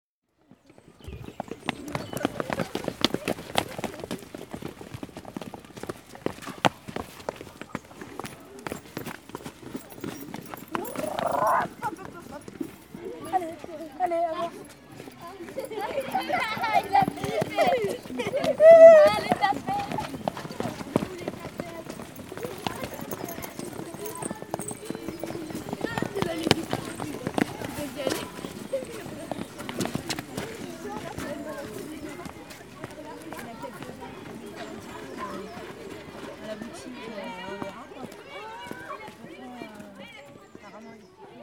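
Students hurry down a staircase, their footsteps a dense, continuous clatter of quick, hard taps for the full 40 seconds. Children's voices chatter and call out over the steps, briefly rising louder around the middle before the crowd settles into steady movement again.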